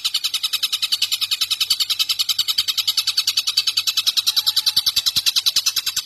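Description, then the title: Streaked spiderhunter song: a fast, even stream of high, bright pulsed notes sustained throughout, with a faint low hum in the background. Long, clear, vigorously delivered song, used as a tutor recording for training birds. "Pijantung Gunung Gacor Jernih Panjang"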